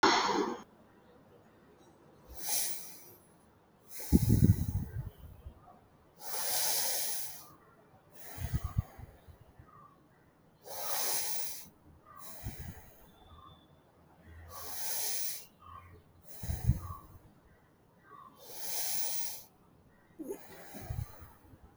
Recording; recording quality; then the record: deep breathing; excellent, no background noise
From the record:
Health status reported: healthy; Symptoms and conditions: diabetes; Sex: male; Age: 50 years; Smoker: yes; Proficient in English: yes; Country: India